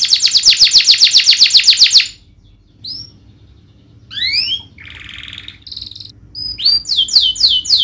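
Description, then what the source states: Domestic canary giving a fast trill, then silence, scattered rising whistles, a buzzy rattle and a final series of swooping notes. Canary singing gacor, with cengkok phrasing and isian song fills; kicaumania songbird hobby.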